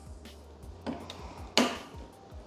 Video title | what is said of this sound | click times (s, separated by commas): How To Build A Profitable CPU Mining Rig for 2025 on a Budget! | bang click you hear that | 1.6 s